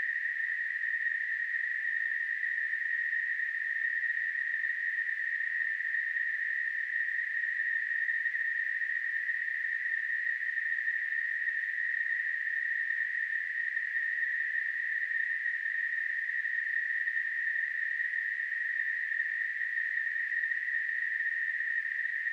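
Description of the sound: Simulated tinnitus: a steady, continuous narrow band of hissing noise centred near 2 kHz, unchanging in pitch and loudness throughout.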